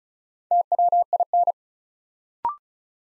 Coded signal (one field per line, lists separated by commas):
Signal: Morse code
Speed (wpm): 36 wpm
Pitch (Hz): 700 Hz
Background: none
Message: TWIN